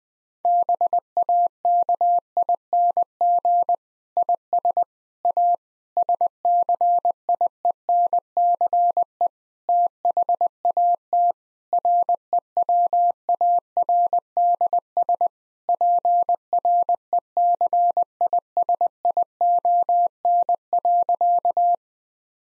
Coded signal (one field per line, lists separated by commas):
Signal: Morse code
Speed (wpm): 21 wpm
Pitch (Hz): 700 Hz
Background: none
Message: BAKING IS A SCIENCE THAT REWARDS PRECISION.